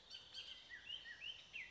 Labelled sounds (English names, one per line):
Bullock's Oriole